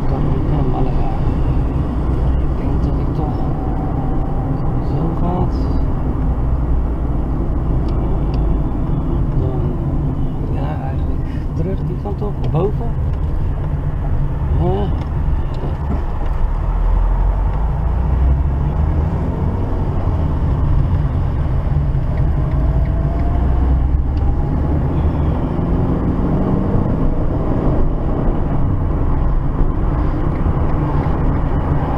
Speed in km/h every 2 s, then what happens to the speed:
37, 38, 38, 34, 31, 22, 20, 11, 13, 20, 22, 27, 37, 49, 49, 45.
0-5 steady at about 38. 5-15 slows to 11. 15-26 speeds up to 49. 26-32 steady at about 49.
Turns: none.